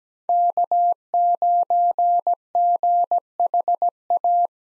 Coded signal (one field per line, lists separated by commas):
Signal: Morse code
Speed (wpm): 17 wpm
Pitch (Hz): 700 Hz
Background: none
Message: K9GHA